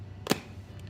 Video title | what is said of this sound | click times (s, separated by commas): 670G insulin pump sure T infusion set and CGM demo | Snaps right in. | 0.3 s